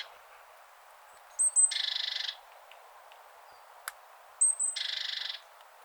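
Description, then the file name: Great tit calls, heard twice: a thin, high note followed by a harsh, buzzy rattle lasting over half a second. A single sharp click falls between the calls. "Parus major"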